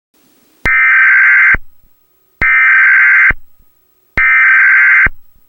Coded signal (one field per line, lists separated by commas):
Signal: Emergency Alert System (SAME) tones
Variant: header bursts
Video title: IT: The EAS Scenario